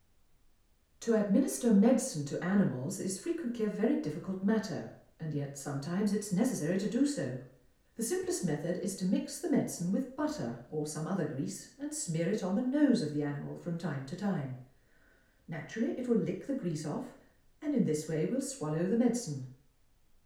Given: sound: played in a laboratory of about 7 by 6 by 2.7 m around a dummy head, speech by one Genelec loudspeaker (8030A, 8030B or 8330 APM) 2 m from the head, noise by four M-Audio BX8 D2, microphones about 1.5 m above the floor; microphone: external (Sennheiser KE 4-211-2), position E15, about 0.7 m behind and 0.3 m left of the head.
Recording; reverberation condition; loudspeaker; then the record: female speech in English; medium; in front (0 degrees)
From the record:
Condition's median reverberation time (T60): about 510 ms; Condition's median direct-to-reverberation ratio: about -0.5 dB